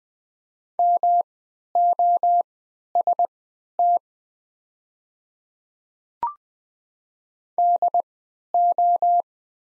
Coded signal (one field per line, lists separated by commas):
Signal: Morse code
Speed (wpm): 20 wpm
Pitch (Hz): 700 Hz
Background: none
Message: MOST DO